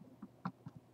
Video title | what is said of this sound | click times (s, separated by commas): Import month Part 4: Cast Off Ride #7 Kamen Rider Kabuto Hyper | and the chest pops open | 0.5 s